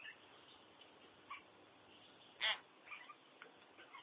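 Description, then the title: Common hill myna calling, one short loud rasping note at midway with scattered faint chirps around it against steady hiss. "burung beo"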